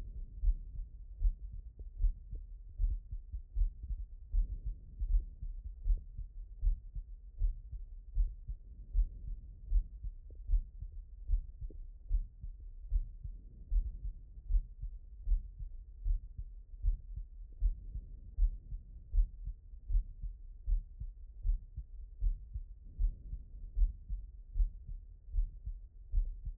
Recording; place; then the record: heart sounds by stethoscope; aortic valve (AV)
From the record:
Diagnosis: non-HFrEF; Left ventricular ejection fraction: 79%